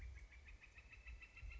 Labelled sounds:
Northern Flicker
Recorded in Sonoma County, California

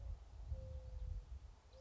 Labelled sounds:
Mourning Dove
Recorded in Sonoma County, California

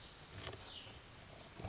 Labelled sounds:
Cassin's Vireo
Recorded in Sonoma County, California

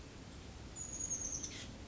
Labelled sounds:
Chestnut-backed Chickadee
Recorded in Sonoma County, California

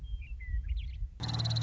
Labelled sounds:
Western Meadowlark
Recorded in Sonoma County, California

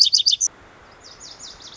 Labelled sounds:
Lazuli Bunting
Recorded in Sonoma County, California

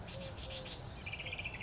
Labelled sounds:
Eurasian Collared Dove
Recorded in Sonoma County, California

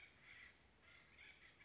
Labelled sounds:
Acorn Woodpecker
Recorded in Sonoma County, California

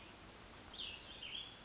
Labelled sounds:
Cassin's Vireo
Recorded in Sonoma County, California

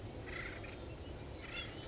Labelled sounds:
Acorn Woodpecker
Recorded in Sonoma County, California

